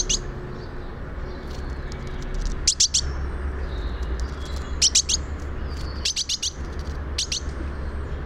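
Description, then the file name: Great tit calls in several clusters of rapid, high, ticking chips, with faint thin whistles between them over low rumbling background noise. "Parus major"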